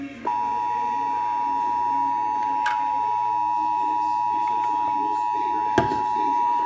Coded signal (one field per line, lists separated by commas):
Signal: Emergency Alert System (SAME) tones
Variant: 853 and 960 Hz attention tone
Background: speech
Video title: EAS #133 Child Abduction Emergency